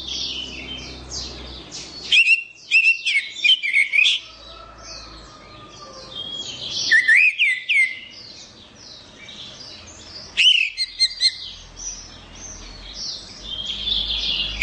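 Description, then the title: Orange-headed thrush song, a rich run of varied high chattering notes broken by loud whistled slurs, with bursts at about two, seven and ten seconds. "Anis Merah"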